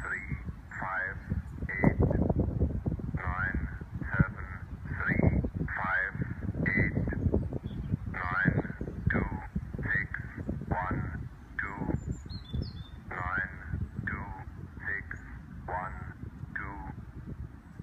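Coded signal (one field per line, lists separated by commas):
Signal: numbers station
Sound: short evenly spaced distorted spoken words, about one per second, over crackling interference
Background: radio static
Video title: Numbers station on 15615 kHz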